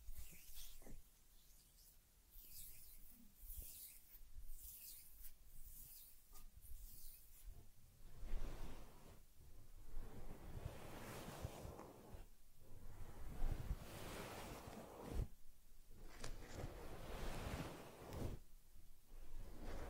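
Rubbing and brushing sounds from caring for a teddy bear, with soft swishing strokes over fur. The texture shifts from light, airy rustling in the first seconds to denser, fuller scrubbing after about eight seconds, coming in repeated surges with brief pauses between them.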